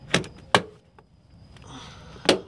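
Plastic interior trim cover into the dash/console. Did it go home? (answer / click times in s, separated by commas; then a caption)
yes / 0.6 s, 2.3 s. A plastic interior trim cover around a Nexus 7 tablet install in the dash/console of an NA Miata convertible is pressed back into its clips. Sharp plastic snaps are heard at 0.6 s and 2.3 s as it pops into place, and the cover ends up seated.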